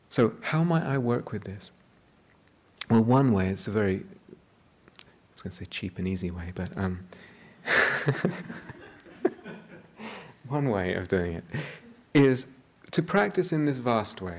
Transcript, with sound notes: So how might I work with this? Well, one way, it's a very -- I was going to say "cheap and easy" way, but... [laughter] One way of doing it is to practise in this vast way.